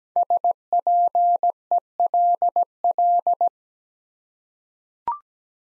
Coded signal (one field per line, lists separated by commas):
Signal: Morse code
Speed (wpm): 17 wpm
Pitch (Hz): 700 Hz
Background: none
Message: SPELL